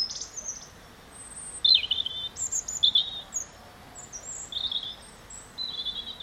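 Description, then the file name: European robin song: scattered high, thin whistles and short trills, each note different in pitch, following one another with short gaps. "Erithacus rubecula"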